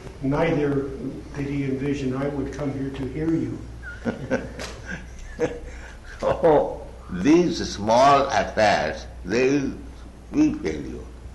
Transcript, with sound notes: Neither did he envision I would come here to hear you.
[laughs] So these small affairs, they'll be failure.